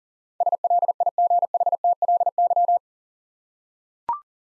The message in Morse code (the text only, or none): SLIGHTLY